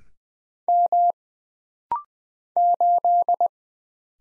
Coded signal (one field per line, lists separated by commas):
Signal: Morse code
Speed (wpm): 20 wpm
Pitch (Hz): 700 Hz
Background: none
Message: M 8